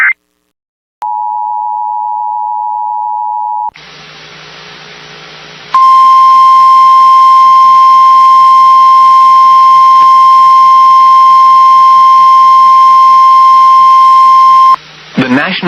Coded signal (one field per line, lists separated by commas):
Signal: Emergency Alert System (SAME) tones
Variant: 853 and 960 Hz attention tone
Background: speech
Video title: WHEN WBAP SCREWS UP... | EAS Alerts from 6/11/2023 (EAS #1911-1925)